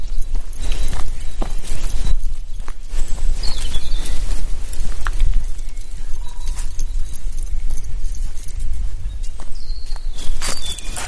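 A walk in the forest: irregular crunching footsteps over a low steady rumble, with brief bird chirps near four and ten seconds.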